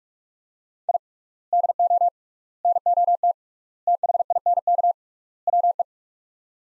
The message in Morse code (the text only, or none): I DO NOT THINK WE